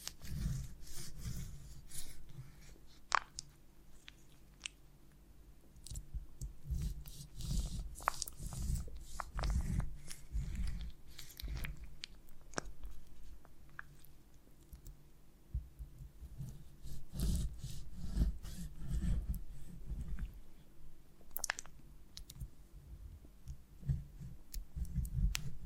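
Honeycomb on a branch is handled in a continuous run of soft rubbing and crackling, with frequent sharp, bright clicks and snaps scattered throughout. A low, muffled thumping texture sits underneath, rising and falling in busy clusters, with a brief quieter stretch around fifteen seconds.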